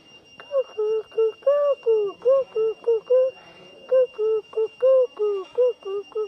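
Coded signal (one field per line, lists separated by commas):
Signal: whistled language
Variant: Jingrwai iawbei, Khasi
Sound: a hummed or sung melodic tune of about 16 short gliding notes, repeated phrases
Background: steady high electronic tone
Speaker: হোয়াটস ইওর নেম সেলিং নেম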